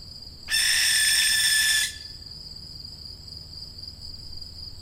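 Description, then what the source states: Barn owl young giving one harsh, rasping hiss lasting over a second, then stopping; a steady high-pitched insect drone continues throughout. Young birds.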